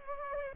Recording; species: mosquito wingbeat signal from an infrared sensor; Culex pipiens